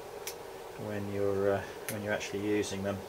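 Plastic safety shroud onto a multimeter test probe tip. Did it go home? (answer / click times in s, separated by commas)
yes / 0.3 s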